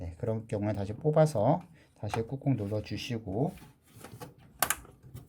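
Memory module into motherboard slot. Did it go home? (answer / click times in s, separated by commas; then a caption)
yes / 4.6 s, 4.7 s. A memory module is pulled out and pressed firmly back into the motherboard slot while someone talks for the first four seconds. The module then clicks home on both sides with two sharp snaps at 4.6 and 4.7 seconds, seating it tightly in the slot.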